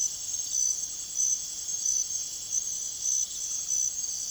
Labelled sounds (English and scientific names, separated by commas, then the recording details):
none
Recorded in secondary vegetation near Puerto Asís, Putumayo, Colombia, on 23 June 2025 at 01:00
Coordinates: 0.489, -76.322
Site G021